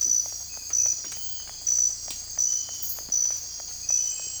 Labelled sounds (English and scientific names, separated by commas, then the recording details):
none
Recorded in secondary vegetation near Puerto Asís, Putumayo, Colombia, on 16 December 2024 at 04:30
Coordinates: 0.481, -76.318
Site G042